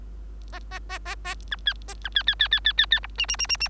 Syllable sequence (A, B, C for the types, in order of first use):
A A A A A B C A B C C C C C C C D E E E E E